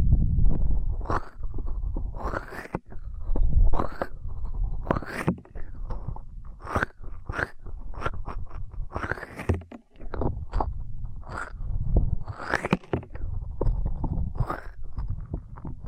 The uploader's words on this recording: ASMR Intense Electrifying Ear Cleaning (No Talking).